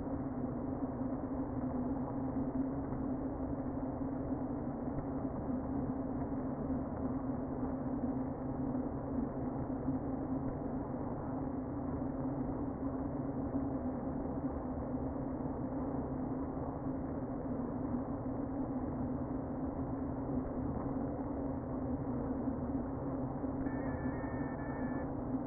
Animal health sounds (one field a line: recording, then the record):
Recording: honeybee colony, microphone inside the hive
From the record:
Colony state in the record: queen present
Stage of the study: before two queens were removed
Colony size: about 60,000 bees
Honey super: yes